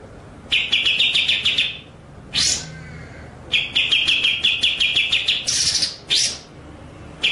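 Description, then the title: White-rumped shama singing rapid rattling series of sharp notes, interrupted by brief loud harsh upswept phrases. Masteran (training) track with the bird in full rolling, shooting song (ngerol nembak). "Masteran Murai Batu Full Ngerol Nembak"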